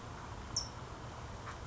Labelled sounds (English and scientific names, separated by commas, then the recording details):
California Towhee (Melozone crissalis)
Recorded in Sonoma County, California